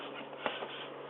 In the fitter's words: and it locks into place now this is a lot easier to put on and off